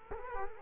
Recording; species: mosquito wingbeat signal from an infrared sensor; Culex quinquefasciatus